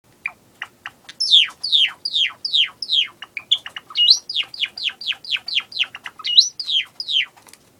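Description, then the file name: Java sparrow song, a fast run of dry clicks and tinkling down-slurred chirps, building into a rapid bubbly series with a few higher rising notes. Singing and cooing. "risovyi amadin poet i gulyaet"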